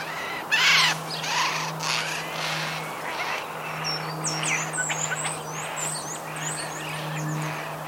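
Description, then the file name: Eurasian jay giving a harsh, raspy screech near the start, followed by fainter rough calls, with thin high chirps of other small birds and a steady low hum. "Garrulus glandarius"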